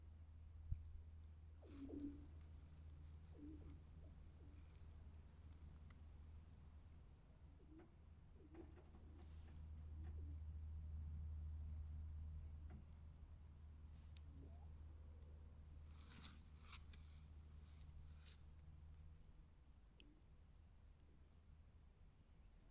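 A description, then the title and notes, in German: Ice warming in the sun gives off a steady low rumble that runs throughout. Scattered ticks, pops and a few hollow, cooing tones arrive irregularly, and a denser burst of bright crackling comes around sixteen to eighteen seconds. Singendes Eis. Und noch eine Hörprobe was das Eis unter Einfluss der Sonne für schöne Geräusche erzeugt.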